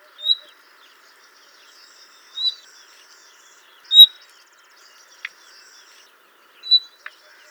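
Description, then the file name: Common nightingale uttering four isolated whistled notes, with two sharp dry clicks. "Luscinia megarhynchos"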